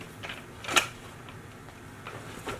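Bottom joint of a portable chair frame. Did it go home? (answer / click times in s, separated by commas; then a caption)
no / none. Someone tries to lock the bottom joint of a portable chair frame. A sharp tick sounds at about 0.8 s, followed by fainter taps and rattles near 1.3 s, 2.1 s and 2.5 s. The joint does not click into place and nothing has seated.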